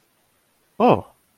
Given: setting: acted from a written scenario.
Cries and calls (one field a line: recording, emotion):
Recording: vocal sound without words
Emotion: positive surprise